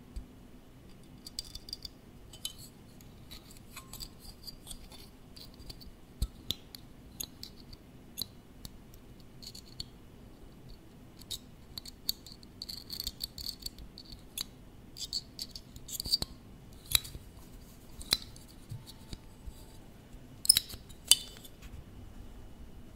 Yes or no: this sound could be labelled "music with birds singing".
no